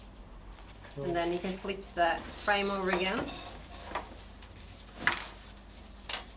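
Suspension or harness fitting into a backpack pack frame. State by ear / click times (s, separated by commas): seated / 5.1 s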